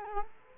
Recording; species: mosquito wingbeat signal from an infrared sensor; Culex quinquefasciatus